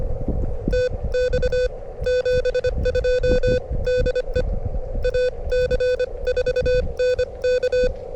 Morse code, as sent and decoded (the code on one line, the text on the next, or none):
- -..- / --... ..--- / -.. . / .- -.-. ....- -. -.-
TX 72 DE AC4NK